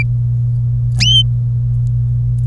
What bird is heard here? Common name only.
Domestic Canary